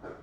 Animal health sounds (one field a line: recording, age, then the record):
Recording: pig call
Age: growing-finishing pig (85 days or more)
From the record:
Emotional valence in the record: positive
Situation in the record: run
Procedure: transit